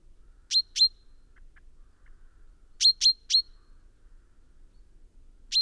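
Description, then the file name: Common chaffinch giving sharp, ringing call notes: a pair, then a run of three, then a single note, with a few very soft chips between. "Fringilla coelebs"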